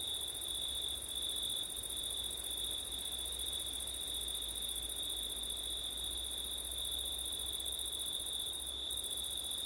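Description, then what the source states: Continuous cricket trilling at two steady high pitches, a short gap in the upper tone near the end, over wind and low rumble. Crickets on a windy September night; ortif recording.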